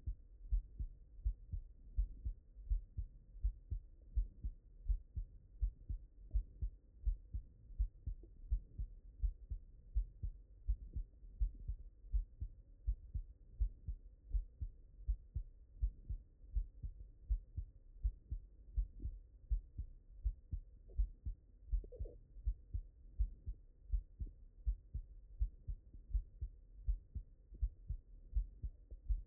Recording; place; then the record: heart sounds by stethoscope; mitral valve (MV)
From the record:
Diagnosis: non-HFrEF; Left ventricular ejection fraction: 45%